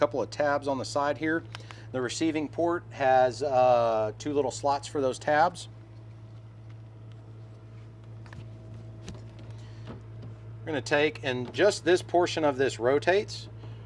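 Someone talks while handling an outdoor faucet hose connector at its receiving port on a 2020 Bushwhacker 10 FB trailer by Braxton Creek, lining its tabs up with the port's two slots before twist-locking it. During a pause from about 5.6 to 10.7 s, only small, quiet handling ticks are heard over a steady low hum. Nothing has been rotated home or clicked into place yet.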